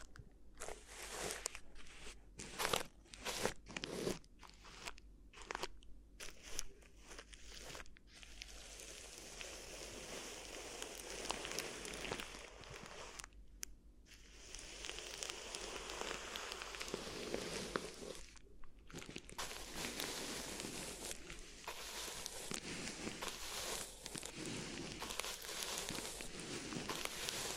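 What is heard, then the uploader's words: Crinkly rustling for an ear massage, starting with separate sharp crunches in the first eight seconds, then settling into a dense, continuous crackling rub. Brief pauses come around fourteen and nineteen seconds, and the sound is bright and loud throughout. ASMR Addictive Crinkly Ear Massage (No Talking).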